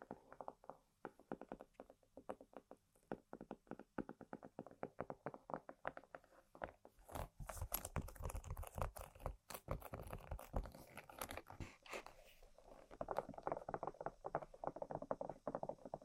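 Quick, dense tapping on random objects runs for most of the sixteen seconds, fast irregular clicks and knocks. Around seven to twelve seconds it turns sharper and brighter, with crinkly scratching and tearing-like textures, then eases into softer rubbing and scratching toward the end.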